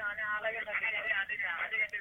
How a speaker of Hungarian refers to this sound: Szóval egymás mellett nagy hével beszélnek mellettem. 3 hatalmas piros telefonról, neki 2 fehérről.